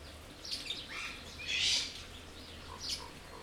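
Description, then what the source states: Birds chirping briefly, a few sharp notes then a loud rasping burst, followed by soft low chirps. Birds in an aviary at Jászberény Zoo, 2016.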